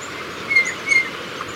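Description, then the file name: White-bellied antpitta: two brief, clear whistled notes at the same pitch in quick succession, heard over steady noisy background. "Grallaria hypoleuca - White-bellied Antpitta"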